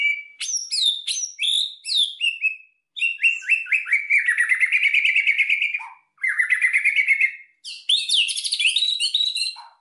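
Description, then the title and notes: White-rumped shama song: rich, varied phrases of loud whistles, chattering notes and rapid trills, with short pauses between bursts. Lure call used to attract white-rumped shamas for trapping. "Pikat Murai Batu. Burung Murai Batu"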